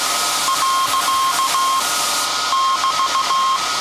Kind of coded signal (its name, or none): Morse code